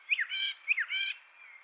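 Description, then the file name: Common blackbird giving two short harsh notes, each a quick falling slide followed by a broad rasping tone. "Turdus merula"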